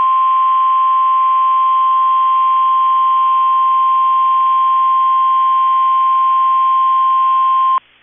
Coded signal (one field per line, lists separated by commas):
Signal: Emergency Alert System (SAME) tones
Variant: 1050 Hz attention tone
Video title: 10/13/21 - KEC65 Required Weekly Test (EAS #257)